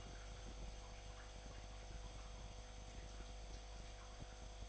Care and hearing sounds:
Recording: daily activity, microphone in the room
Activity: make coffee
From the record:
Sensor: 5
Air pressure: 1007.4 hPa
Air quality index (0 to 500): 119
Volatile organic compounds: 1 ppm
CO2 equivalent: 913 ppm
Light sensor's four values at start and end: 29/68/28/30 and 29/69/28/30

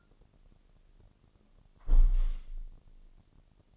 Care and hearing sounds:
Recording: daily activity, microphone in the room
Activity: close window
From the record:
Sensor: 4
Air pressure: 1001.2 hPa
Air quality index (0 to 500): 174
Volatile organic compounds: 2 ppm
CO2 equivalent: 1246 ppm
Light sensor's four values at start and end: 12/28/11/12 and 12/28/11/12

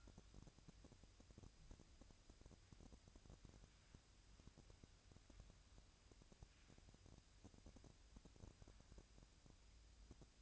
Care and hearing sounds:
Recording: daily activity, microphone in the room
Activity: wipe stove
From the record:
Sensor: 2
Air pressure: 1003.1 hPa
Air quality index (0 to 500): 201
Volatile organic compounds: 6 ppm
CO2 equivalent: 1910 ppm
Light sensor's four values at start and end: 9/22/9/10 and 9/22/9/10

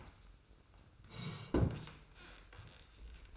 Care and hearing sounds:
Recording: daily activity, microphone in the room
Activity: sit down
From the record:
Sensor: 2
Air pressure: 990.2 hPa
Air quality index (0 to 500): 178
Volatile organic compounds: 1000 ppm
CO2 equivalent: 5642 ppm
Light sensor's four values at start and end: 31/71/30/30 and 33/77/32/32

